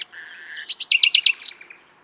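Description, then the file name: Common nightingale phrase: a long low whistle, then a quick series of loud, sharp repeated notes ending in a short flourish. "Luscinia megarhynchos"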